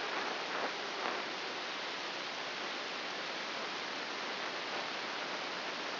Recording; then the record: brain microelectrode recording played as sound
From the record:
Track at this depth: inside the subthalamic nucleus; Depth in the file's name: 3.402 mm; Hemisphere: right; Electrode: 2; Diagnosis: Parkinson's disease